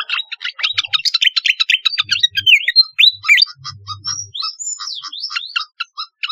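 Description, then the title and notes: Flycatcher song: rapid chattering phrases of sharp chirps and twisting whistles, packed closely together. "Kicau Burung Sikatan"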